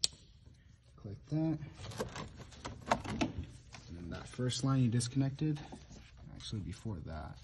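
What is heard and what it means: An electrical wiring plug is pushed onto the high pressure fuel pump of a Mazdaspeed, giving one loud, sharp click at 0.0 s as it seats firmly in place, plugged in so the car runs properly. Afterward someone talks over quieter handling noises and a few small taps.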